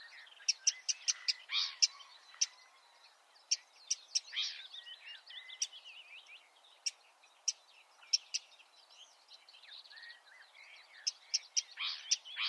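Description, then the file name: Marsh warbler song, busy rambling chatter with sharp clicks and scratchy notes, steady throughout against soft background hiss. "suara-kicauan-burung-marsh-warbler -omkicau"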